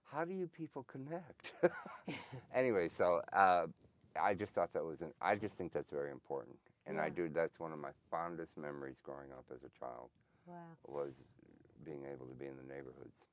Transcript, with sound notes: how do you people connect. [laughs] Anyway so, I just thought that was I just think that's very important. And I do – that's one of my fondest memories growing up as a child – was – being able to be in the neighborhoods.